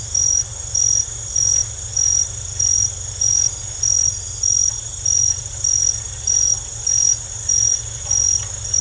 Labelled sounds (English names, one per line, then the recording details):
none
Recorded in secondary vegetation near Puerto Asís, Putumayo, Colombia, on 20 December 2024 at 19:30
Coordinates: 0.468, -76.324
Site G095